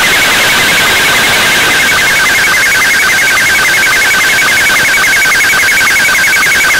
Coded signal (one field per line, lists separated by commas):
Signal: SSTV (slow-scan television)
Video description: Here is the latest Radio Northern Ireland SSTV image received with my Icom IC-R9500 on 15770Khz shortwave at approx. 21:25 UTC on July 30 2016.